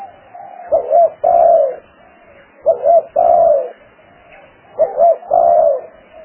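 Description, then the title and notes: Spotted dove calling, three phrases each of two quick soft notes and a longer mellow coo, about two seconds apart. Calls used as lure sounds for trapping. "Pikat Burung Tekukur. suara burung tekukur"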